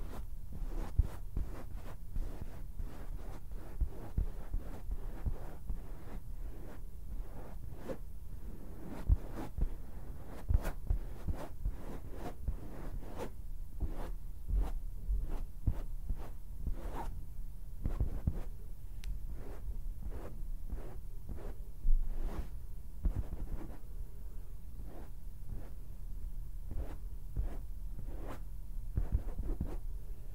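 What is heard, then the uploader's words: Fabric is rubbed and scratched, with a dense run of short, dry tapping and scraping strokes that come every fraction of a second without a steady pattern. A low, muffled rumble sits underneath throughout, and a few sharper taps stand out near the ten- and twenty-two-second marks. ASMR THE MOST COMFY AND SOFT SOUNDS TO SLEEP FABRIC SCRATCHING, RUBBING AND TAPPING - NO TALKING.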